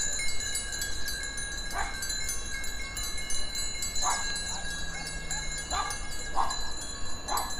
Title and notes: ovelhas ruminando em prado verde. grvacao de campo num prado verde em caldas de sao paulo, oliveira do hospital